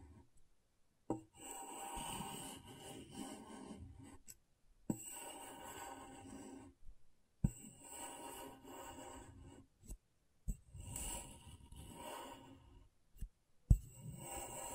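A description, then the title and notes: A scratchboard being worked, with rough scraping strokes lasting one to three seconds each, separated by short silences. The strokes sound gritty and fairly dense, with a hiss on top. Sharp clicks land at the starts and ends, about every two seconds. ASMR Brain Tingling Scratchboard (No Talking).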